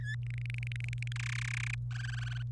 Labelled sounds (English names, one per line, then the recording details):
Domestic Canary song
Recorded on 27 April 2018 at 06:21
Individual llb3